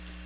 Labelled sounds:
Chestnut-sided Warbler flight call

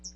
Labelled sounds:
Hooded Warbler flight call

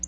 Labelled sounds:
Black-throated Blue Warbler flight call

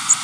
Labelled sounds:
Blackburnian Warbler flight call

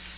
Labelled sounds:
Hooded Warbler flight call

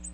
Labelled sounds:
Ovenbird flight call

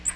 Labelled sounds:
Magnolia Warbler flight call

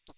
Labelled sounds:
Hooded Warbler flight call

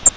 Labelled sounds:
Grace's Warbler flight call

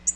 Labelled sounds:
Tennessee Warbler flight call

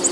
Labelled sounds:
Black-throated Green Warbler flight call

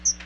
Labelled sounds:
Chestnut-sided Warbler flight call

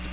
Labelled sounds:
Magnolia Warbler flight call

